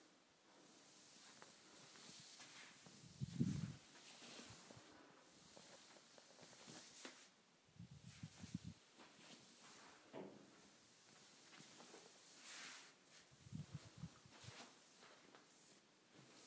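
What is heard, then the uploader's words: Kitchen appliances being cleaned, with a steady hiss of wiping and scrubbing running throughout. Low thumps and knocks break in every few seconds, near 3, 8, 10 and 14 seconds, as items are bumped and set down, plus scattered small clicks. ASMR Cleaning Kitchen Appliances.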